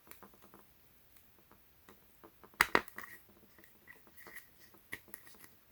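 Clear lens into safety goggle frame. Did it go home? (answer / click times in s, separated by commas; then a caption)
yes / 2.6 s. After an earlier failed attempt, a clear lens is worked back into a DeWALT safety goggle frame. Light plastic handling ticks and rustles lead to a sharp click at 2.6 s, followed by a second snap just after. The lens is re-seated and locked in the frame.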